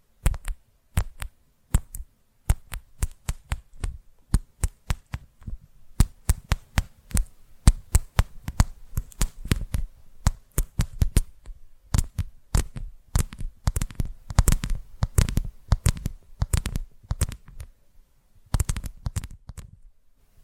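Sharp tapping runs almost without pause, quick bursts of clicks that snap from a low thud up to a bright tick. The rhythm is irregular, sometimes rapid clusters, sometimes brief gaps, with a soft low rumble beneath the louder middle stretch.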